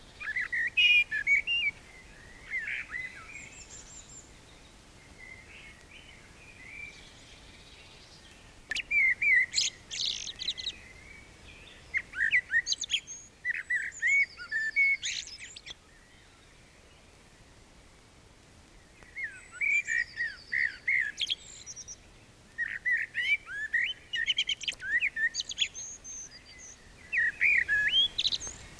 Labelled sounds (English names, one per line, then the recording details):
Common Blackbird song
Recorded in the wild
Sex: male
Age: adult
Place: Bielefeld-Mitte, Nordrhein-Westfalen, DE
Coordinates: 52.0078, 8.54778
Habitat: residential district
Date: 1968-04-15
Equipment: Uher 4000 Report-S, Bändchenmikro Beyer M 260, Parabolspiegel Polyester (470 mm)
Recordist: Conrads, Klaus